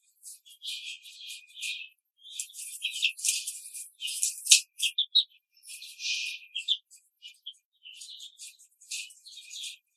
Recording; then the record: young laying hens in a cage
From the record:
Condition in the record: control cage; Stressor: none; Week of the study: 5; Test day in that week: 1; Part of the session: 2